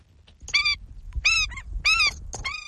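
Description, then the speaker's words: Indian skimmer giving several loud, yelping calls, each note nasal and rich in harmonics. Endangered black-and-white, orange-billed water bird native to South Asia; nests on river sandbanks, such as those of the Chambal River in India. "That's the sound of the Indian skimmer, a unique orange-billed water bird."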